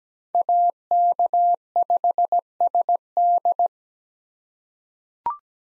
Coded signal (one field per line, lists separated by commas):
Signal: Morse code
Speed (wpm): 17 wpm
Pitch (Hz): 700 Hz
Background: none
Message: AK5SD